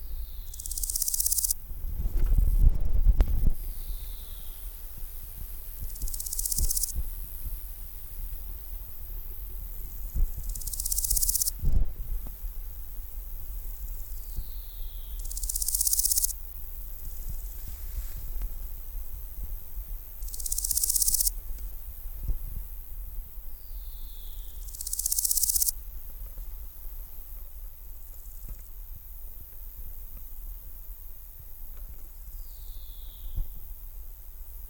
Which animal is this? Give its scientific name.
Chrysochraon dispar